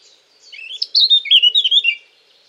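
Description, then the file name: Eurasian blackcap song, one loud, rich warbled phrase of quick fluting and twittering notes lasting about a second and a half, against a quiet background. "Sylvia atricapilla"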